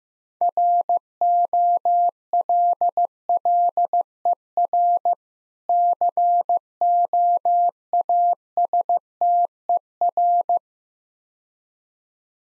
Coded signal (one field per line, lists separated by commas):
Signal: Morse code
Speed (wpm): 15 wpm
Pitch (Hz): 700 Hz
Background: none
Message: ROLLER COASTER